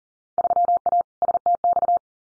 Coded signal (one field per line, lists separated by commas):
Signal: Morse code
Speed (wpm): 38 wpm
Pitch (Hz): 700 Hz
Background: none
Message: 3A STX